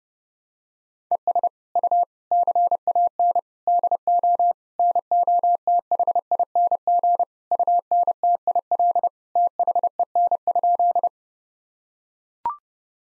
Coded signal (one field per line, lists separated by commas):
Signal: Morse code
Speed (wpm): 30 wpm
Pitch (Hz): 700 Hz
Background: none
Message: ES U CAN DO NOTHING UNTIL THEN?